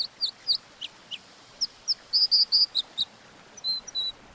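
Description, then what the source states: American Dipper singing high, clear notes, some sharp and sweeping, others in a quick run of repeated notes, then two longer, level whistles at the end. American dippers on the Elwha River, Olympic Peninsula, Washington State.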